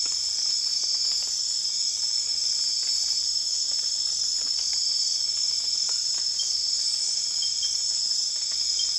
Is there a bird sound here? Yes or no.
no